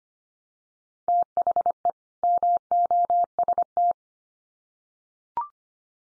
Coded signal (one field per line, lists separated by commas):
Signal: Morse code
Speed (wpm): 25 wpm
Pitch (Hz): 700 Hz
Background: none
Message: THE MOST